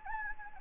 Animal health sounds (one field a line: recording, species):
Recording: mosquito wingbeat signal from an infrared sensor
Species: Anopheles gambiae